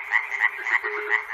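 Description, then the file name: Frog calling with rapid rhythmic croaks, bright pulsed notes repeating roughly four times a second over a steady buzzing background. Frogs recorded at Chernobyl. "peter cusack-chernobyl frogs"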